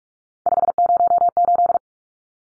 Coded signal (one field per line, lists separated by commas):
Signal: Morse code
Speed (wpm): 44 wpm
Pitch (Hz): 700 Hz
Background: none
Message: 508